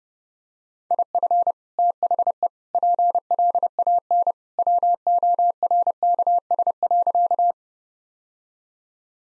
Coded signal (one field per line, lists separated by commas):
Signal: Morse code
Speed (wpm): 30 wpm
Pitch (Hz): 700 Hz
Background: none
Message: IF THE PLAN WORKS.